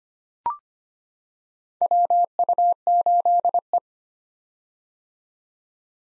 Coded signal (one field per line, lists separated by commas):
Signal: Morse code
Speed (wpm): 25 wpm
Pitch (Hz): 700 Hz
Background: none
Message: WU8E